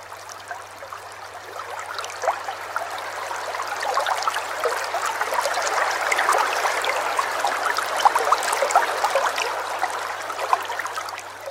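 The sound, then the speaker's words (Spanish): A small stream of fresh water flows steadily, a continuous bright babbling and trickling with scattered splashy bursts, running alone without any voices. “Qué lindo cómo entra este arroyo acá, ¿eh? Agüita fresquita.”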